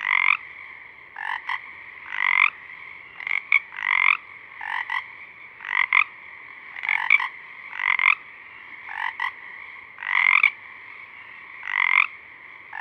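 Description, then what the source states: Pacific chorus frogs calling, repeated raspy two-note ribbets from several frogs against a steady background chorus. Several small frogs singing at dusk, recorded through a parabolic reflector; also recorded simultaneously by a mid-side rig 50 feet away.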